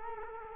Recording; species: mosquito wingbeat signal from an infrared sensor; Culex quinquefasciatus